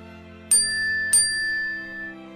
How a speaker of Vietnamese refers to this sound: Tôi chỉ vừa mới đọc tới đây thì bỗng dưng điện thoại của mình có âm báo.